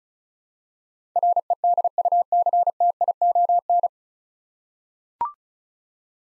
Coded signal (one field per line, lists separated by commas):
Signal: Morse code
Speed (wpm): 36 wpm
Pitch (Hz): 700 Hz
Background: none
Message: REDUCTION